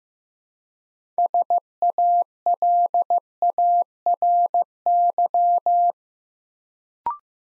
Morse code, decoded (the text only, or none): SALARY